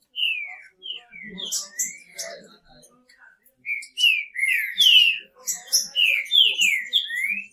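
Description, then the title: Green-winged Saltator with clear slurred whistles, first spaced out, then a quick run of rising and falling notes with high chips. "Trinca Ferro"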